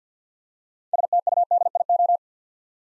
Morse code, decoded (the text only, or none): STUDIO